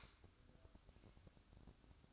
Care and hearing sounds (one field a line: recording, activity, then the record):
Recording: daily activity, microphone in the room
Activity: light off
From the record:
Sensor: 2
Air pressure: 1007.7 hPa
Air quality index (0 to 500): 83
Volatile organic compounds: 1 ppm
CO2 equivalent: 657 ppm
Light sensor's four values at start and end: 7/16/6/6 and 7/16/6/6